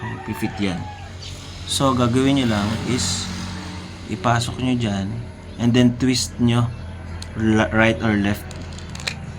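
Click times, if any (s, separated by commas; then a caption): 9.1 s. Someone talks while the metal key tip is inserted into the slot on a car smart key fob and twisted to pry the plastic shell halves apart for battery replacement. The fob case snaps open with a sharp click at 9.1 s, releasing the shell halves.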